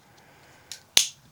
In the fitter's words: like all the other tools, it locks in place.